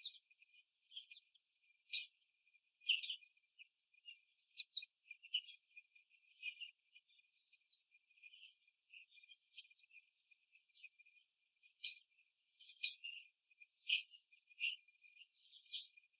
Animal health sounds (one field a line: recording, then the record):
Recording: young laying hens in a cage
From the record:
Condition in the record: before the stressor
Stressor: simulated dog barking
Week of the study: 3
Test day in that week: 1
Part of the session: 1